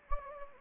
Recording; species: mosquito wingbeat signal from an infrared sensor; Anopheles gambiae